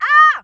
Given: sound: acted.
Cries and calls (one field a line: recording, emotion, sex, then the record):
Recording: nonverbal affect burst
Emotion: pain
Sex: female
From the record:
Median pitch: 583 Hz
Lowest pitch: 153 Hz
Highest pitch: 621 Hz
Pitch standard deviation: 143 Hz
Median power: 79.4 dB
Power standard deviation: 12.2 dB